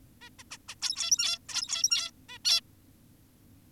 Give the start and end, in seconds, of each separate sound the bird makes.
0.22-0.30, 0.39-0.44, 0.51-0.58, 0.68-0.75, 0.82-1.39, 1.49-2.11, 2.29-2.38, 2.45-2.61